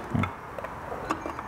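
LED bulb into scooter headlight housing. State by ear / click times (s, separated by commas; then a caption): not seated / none. An LED headlight bulb for a Vespa Sprint or Primavera scooter is worked by hand into the headlight housing, giving a few short, light plastic ticks and handling knocks near 0.2, 0.6, 1.1 and 1.4 seconds. The bulb has not yet popped into place, and nothing has seated or clicked.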